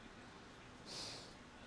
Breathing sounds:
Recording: one breath in and out by a microphone near the nose and mouth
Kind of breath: normal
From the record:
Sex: male

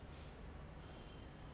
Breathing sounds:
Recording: one breath in and out by a microphone near the nose and mouth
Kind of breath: normal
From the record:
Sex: male

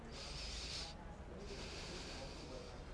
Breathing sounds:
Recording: one breath in and out by a microphone near the nose and mouth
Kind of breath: deep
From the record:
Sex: male

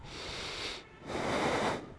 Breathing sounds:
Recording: one breath in and out by a microphone near the nose and mouth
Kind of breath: deep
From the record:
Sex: male

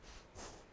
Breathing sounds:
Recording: one breath in and out by a microphone near the nose and mouth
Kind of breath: strong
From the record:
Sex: female

